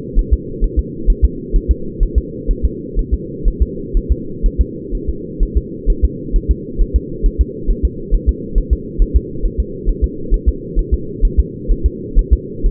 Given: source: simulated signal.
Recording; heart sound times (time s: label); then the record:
fetal heart sounds
0.19 s: S1
0.34 s: S2
0.64 s: S1
0.79 s: S2
1.10 s: S1
1.25 s: S2
1.56 s: S1
1.71 s: S2
2.03 s: S1
2.18 s: S2
2.51 s: S1
2.65 s: S2
2.99 s: S1
3.14 s: S2
3.48 s: S1
3.62 s: S2
3.97 s: S1
4.12 s: S2
4.46 s: S1
4.61 s: S2
4.95 s: S1
5.09 s: S2
5.43 s: S1
5.57 s: S2
5.90 s: S1
6.05 s: S2
6.36 s: S1
6.51 s: S2
6.82 s: S1
6.96 s: S2
7.26 s: S1
7.41 s: S2
7.71 s: S1
7.85 s: S2
8.14 s: S1
8.29 s: S2
8.58 s: S1
8.73 s: S2
9.02 s: S1
9.16 s: S2
9.45 s: S1
9.60 s: S2
9.89 s: S1
10.04 s: S2
10.34 s: S1
10.49 s: S2
10.79 s: S1
10.94 s: S2
11.25 s: S1
11.40 s: S2
11.71 s: S1
11.86 s: S2
12.19 s: S1
12.33 s: S2
12.66 s: S1
From the record:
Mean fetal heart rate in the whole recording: 130 bpm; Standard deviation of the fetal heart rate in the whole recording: 4 bpm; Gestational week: 38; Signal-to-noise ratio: -4.3 dB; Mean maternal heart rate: 72 bpm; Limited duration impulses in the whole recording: absent